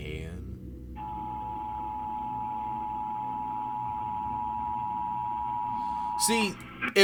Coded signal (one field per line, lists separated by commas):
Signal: Emergency Alert System (SAME) tones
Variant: 853 and 960 Hz attention tone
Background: speech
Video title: Reacting To Rare & SCARY Disturbing EAS Alerts Explained!